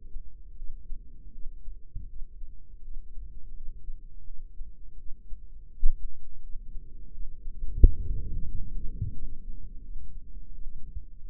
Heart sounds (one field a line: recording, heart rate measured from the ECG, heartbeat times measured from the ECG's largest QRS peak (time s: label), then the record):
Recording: heart sounds by microphone in the right ear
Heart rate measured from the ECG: 84 bpm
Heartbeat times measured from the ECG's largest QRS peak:
0.56 s: heartbeat
1.32 s: heartbeat
2.08 s: heartbeat
2.82 s: heartbeat
3.54 s: heartbeat
4.25 s: heartbeat
4.97 s: heartbeat
5.69 s: heartbeat
6.41 s: heartbeat
7.12 s: heartbeat
7.80 s: heartbeat
8.47 s: heartbeat
9.13 s: heartbeat
9.82 s: heartbeat
10.53 s: heartbeat
11.27 s: heartbeat
From the record:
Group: healthy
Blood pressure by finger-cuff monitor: 97/66 mmHg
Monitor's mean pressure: 81 mmHg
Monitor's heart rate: 85 bpm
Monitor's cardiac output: 5.1 L/min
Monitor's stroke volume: 60 mL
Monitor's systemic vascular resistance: 1130 dyn s/cm5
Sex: female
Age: 51 years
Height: 162 cm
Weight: 70.04 kg